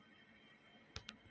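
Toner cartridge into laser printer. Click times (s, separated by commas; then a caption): 1.0 s, 1.1 s. A new toner cartridge is pushed up into an Epson AL-M320DN laser printer until it latches. Against a quiet background, two sharp clicks sound at 1.0 s and 1.1 s as the cartridge seats home.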